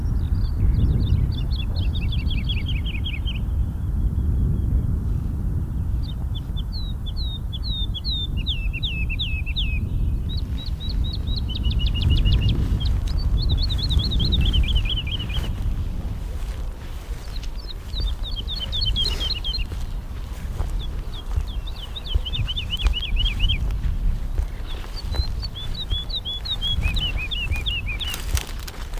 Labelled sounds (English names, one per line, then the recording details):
Wood Lark
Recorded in the wild
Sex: male
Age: adult
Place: Schönow, Naturpark Barnim, Brandenburg, DE
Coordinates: 52.6847, 13.5225
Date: 2005-03-21 10:07
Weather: fair, 2 - 3°C, slightly windy
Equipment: Tascam DA-P1, Sennheiser MKH 70, Windschutz
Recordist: Frommolt, Karl-Heinz